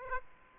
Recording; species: mosquito wingbeat signal from an infrared sensor; Aedes aegypti